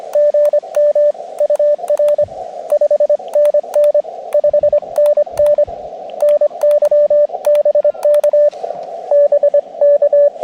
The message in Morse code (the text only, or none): GM UR 5NN 5NN NY BK BK